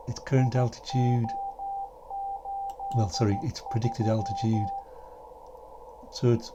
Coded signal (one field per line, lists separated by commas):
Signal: Morse code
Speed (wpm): 14 wpm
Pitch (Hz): 790 Hz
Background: speech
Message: IO83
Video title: Tracking a Radio Beacon up into the Stratosphere!